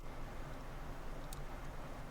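A microSD card that sticks out past the edge of the plastic SIM/SD tray of a Motorola Moto G67 is repositioned and pressed down to clip it in. A steady low background hiss is broken by one brief, sharp high tick at about 1.3 s. Nothing has seated or clicked home yet.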